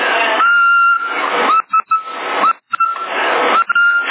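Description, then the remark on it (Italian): A person whistling over CB radio in Sassari: a steady, mid-pitched whistle held in several long stretches with short breaks between them, sounding over a constant band of hiss with no talking. “Aspetta, stavo fischiando.”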